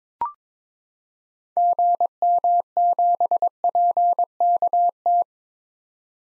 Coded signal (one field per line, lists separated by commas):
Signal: Morse code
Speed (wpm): 22 wpm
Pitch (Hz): 700 Hz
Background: none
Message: GM7PKT